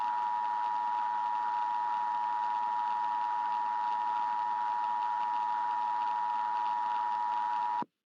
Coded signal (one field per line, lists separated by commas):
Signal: Emergency Alert System (SAME) tones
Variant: 853 and 960 Hz attention tone